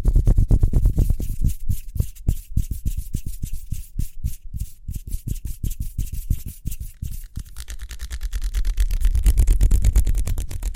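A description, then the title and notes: Fast hand sounds: quick rubbing strokes repeat rapidly and evenly for most of the clip, each a short dry swish with a low thump. After about seven seconds the strokes blur into a steadier, smoother rubbing hiss that swells toward the end. ASMR Speedy Hand Sounds (No Talking).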